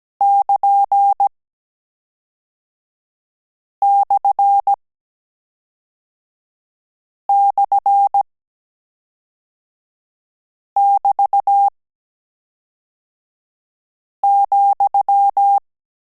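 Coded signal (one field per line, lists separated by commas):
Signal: Morse code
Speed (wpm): 17 wpm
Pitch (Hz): 800 Hz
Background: none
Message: <KN>//<BT>,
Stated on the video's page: Morse code course final lesson on AR and AS characters, with mixed-character transmissions.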